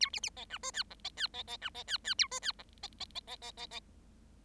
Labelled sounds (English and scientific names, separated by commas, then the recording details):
Bengalese Finch (Lonchura striata domestica) song
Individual Bird7